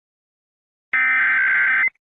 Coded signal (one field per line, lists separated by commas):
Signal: Emergency Alert System (SAME) tones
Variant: header bursts